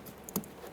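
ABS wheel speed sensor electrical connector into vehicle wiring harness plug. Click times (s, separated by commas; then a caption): 0.4 s. The electrical connector of a new rear ABS wheel speed sensor on a 2013-2020 Ford Fusion is pressed into its plastic mating plug on the vehicle wiring harness. A faint tap comes at 0.3 s, then a sharp click at 0.4 s, followed right after by a softer tick against quiet background noise. The connector seats with the click at 0.4 s and is then secured with a red locking tab and confirmed properly locked in.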